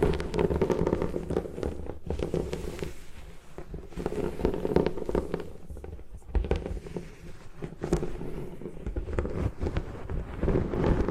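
Gym chalk is crushed and broken apart, a dense, continuous crunching with frequent sharp crackles and brief pops, mostly low and gritty.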